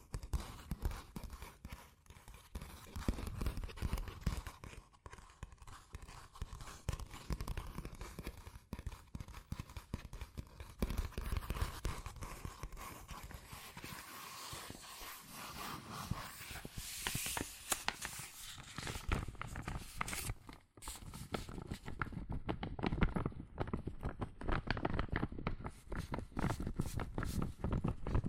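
Fast tapping, scratching and tracing on cardboard and paper runs through the whole half minute, a dense patter of small dry hits with a papery rasp. The pace stays busy and uneven, with a brief lull near twenty seconds before the tapping picks up again.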